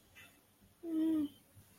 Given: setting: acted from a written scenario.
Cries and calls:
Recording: vocal sound without words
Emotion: serenity

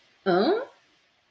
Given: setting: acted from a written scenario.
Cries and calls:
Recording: vocal sound without words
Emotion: interest

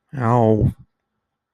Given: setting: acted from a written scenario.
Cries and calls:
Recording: vocal sound without words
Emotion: pain

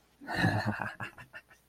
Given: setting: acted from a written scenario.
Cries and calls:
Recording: vocal sound without words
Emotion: ecstasy

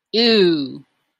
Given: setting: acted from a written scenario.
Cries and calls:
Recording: vocal sound without words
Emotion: disgust

